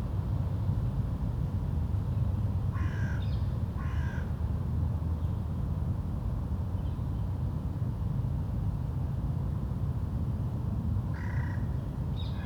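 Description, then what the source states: Crow calling with hoarse caws, a pair early on and another pair near the end, separated by long gaps with a steady low hum. Crows in Wolvendael Park, Uccle, Belgium; park ambience with some birds; recorded with DPA 2006c microphones in AB position, SD Mixpre D and Sony PCM-M10.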